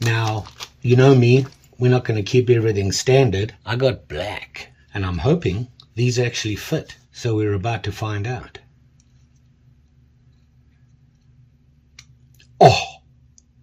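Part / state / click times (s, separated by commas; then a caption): tweezers into pocket knife scale slot / seated / 12.0 s. Someone talks, then after a quiet pause a replacement black plastic tweezers is pushed into its slot in the new scale of a vintage Victorinox Recruit (1986-1992) Swiss army knife. A sharp click is heard at 12.0 s as the tweezers seat right in.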